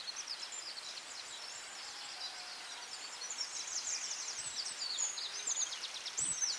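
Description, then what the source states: Birds in chorus, many high chirps and twittering notes crowding together, a dense busy tangle of overlapping songs with steady hiss beneath. Dawn chorus in Anglesey, Wales, recorded at dawn.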